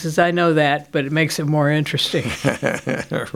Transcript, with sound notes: I know that, but it makes it more interesting."
(Chuckling) Right.